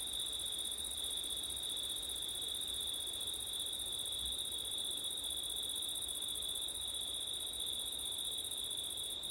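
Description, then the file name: Cricket chorus of steady high trills over low wind noise that gusts briefly around the middle. Crickets on a September night in wind, recorded with an ORTF stereo setup. "crickets wind september night ortif"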